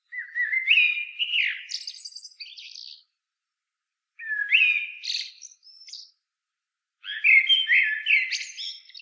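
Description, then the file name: Common blackbird singing three mellow whistled phrases, each rising and ending in thin scratchy twittering notes, with short pauses between. "Turdus merula"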